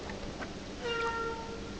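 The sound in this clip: Whale call: a brief tonal cry with clear harmonics, over steady background noise.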